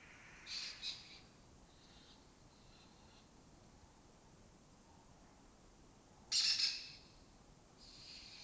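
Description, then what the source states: Lesser kestrel calls, two short harsh rasps near the start, a long quiet gap, then a loud grating burst and a fainter trailing rasp. Colony of migratory lesser kestrels occupying an abandoned building or house complex in Doñana; forages in West Africa, breeds in southern Europe.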